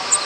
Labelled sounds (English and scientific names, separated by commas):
American Redstart (Setophaga ruticilla) flight call